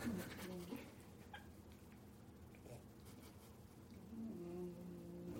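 Two drawn-out, low buzzing snore sounds about four seconds apart: a sleeping bulldog snoring after having been energetic and running around just before.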